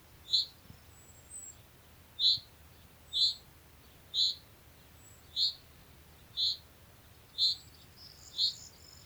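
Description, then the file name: Common chaffinch calling, a short sharp high note repeated about once a second, eight times, with faint thin high whistles behind. "Fringilla coelebs"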